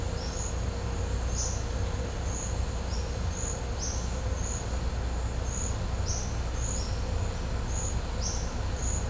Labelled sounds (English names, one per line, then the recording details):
none
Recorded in pastures near Puerto Asís, Putumayo, Colombia, on 16 December 2024 at 11:30
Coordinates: 0.502, -76.324
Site G077